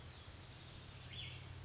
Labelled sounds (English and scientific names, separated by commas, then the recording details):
Cassin's Vireo (Vireo cassinii)
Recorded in Sonoma County, California